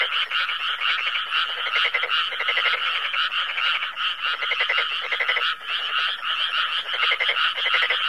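Overlapping frog croaks in rhythmic rattling bursts, with chirping trills continuing steadily underneath.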